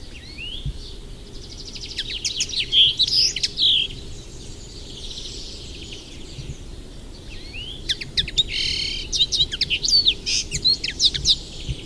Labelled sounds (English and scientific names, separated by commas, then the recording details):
Common Linnet (Linaria cannabina) song
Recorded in the wild
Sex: male
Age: adult
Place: Erlangen, Bayern, DE
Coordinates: 49.6075, 11.0092
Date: 1963-06-30
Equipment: Original, Vollspur
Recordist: Tretzel, Erwin
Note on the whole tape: Burgberg (Garten): Hänfling: Gesang